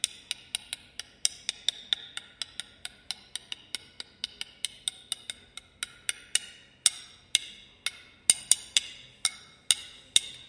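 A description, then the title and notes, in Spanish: Spoons click together in a steady, fairly quick rhythm, roughly two sharp, bright clacks per second with a short metallic ring after each. Later strikes grow louder and sometimes come in quick pairs, over a quiet, faintly humming background. Cucharas 2 | ASMR | Sonido 360 | Sonido 3D | Sonido Interactivo.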